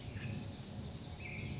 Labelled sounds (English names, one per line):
Black-headed Grosbeak